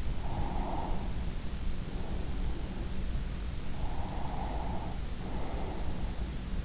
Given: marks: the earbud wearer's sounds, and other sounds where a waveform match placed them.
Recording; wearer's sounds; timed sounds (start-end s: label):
sounds in sleep by an in-ear microphone; breath
0.21-2.83 s: breath
3.69-6.10 s: breath